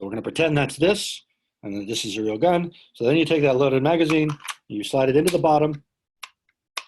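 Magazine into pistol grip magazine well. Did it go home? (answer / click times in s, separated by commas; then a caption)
yes / 6.8 s. Someone talks while a loaded magazine holding seven rounds is slid into the pistol-grip magazine well at the bottom of a stand-in gun. After a few faint taps, a sharp click at 6.8 s marks the magazine locking in place so it won't fall out.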